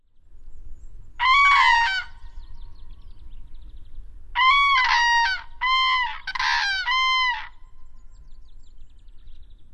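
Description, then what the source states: Black-throated loon gives loud, rich wailing notes, one long cry and then a run of quick repeated rising-falling phrases, over a low background rumble. Recorded in Finland in spring 2024, week 20.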